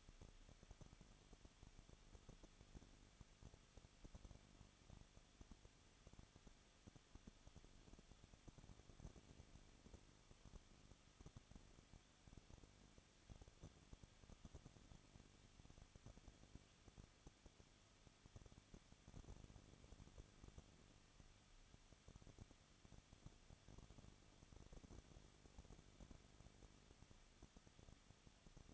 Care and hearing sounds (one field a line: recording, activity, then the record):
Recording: daily activity, microphone in the room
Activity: no activity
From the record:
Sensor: 4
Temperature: 23.0 degrees Celsius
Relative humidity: 34.3%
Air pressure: 1007.2 hPa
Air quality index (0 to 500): 217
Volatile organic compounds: 15 ppm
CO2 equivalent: 2518 ppm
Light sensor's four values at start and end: 2/3/1/1 and 2/3/1/1